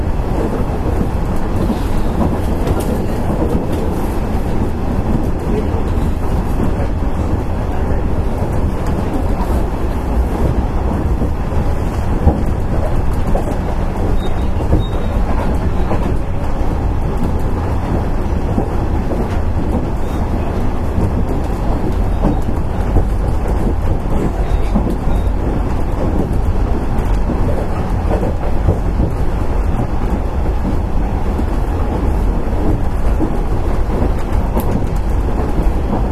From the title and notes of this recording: 阪神電気鉄道1000系電車の走行音です。 快速急行列車にて収録しました。 It recorded with a rapid express train on Hanshin Namba Line to Kintetsu Nara Line . It is the running sound of the Hanshin Electric Railway 1000 series train.